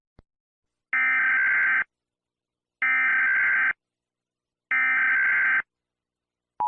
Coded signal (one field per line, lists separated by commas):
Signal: Emergency Alert System (SAME) tones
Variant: header bursts